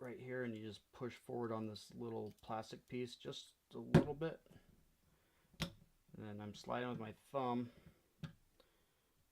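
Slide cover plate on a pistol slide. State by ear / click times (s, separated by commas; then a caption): released / 8.2 s. Someone talks while a Glock tool pushes the plastic spacer sleeve forward on a pistol slide, and a thumb slides the slide cover plate (back plate) off the slide. A little click is heard at 8.2 s as the plate comes loose and is released.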